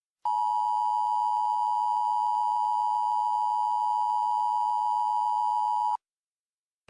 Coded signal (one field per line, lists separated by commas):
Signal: Emergency Alert System (SAME) tones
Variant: 853 and 960 Hz attention tone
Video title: EAS Mock 21: Ascension